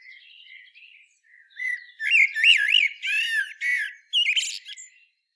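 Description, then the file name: Common blackbird delivering soft opening notes, then louder looping warbled whistles that rise and fall, closing with a sharp squeaky flourish. "Turdus merula"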